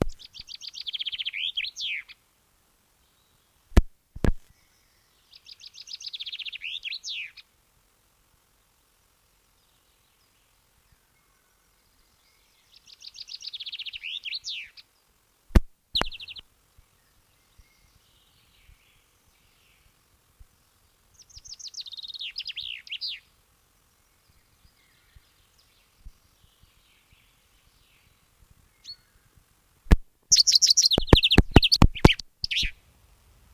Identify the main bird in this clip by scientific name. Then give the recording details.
Fringilla coelebs. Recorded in the wild. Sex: male. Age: adult. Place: Erlangen, Bayern, DE. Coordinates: 49.635, 10.9528. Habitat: pond. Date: 1962. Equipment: Stellavox SM 5, langes Kabel. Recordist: Tretzel, Erwin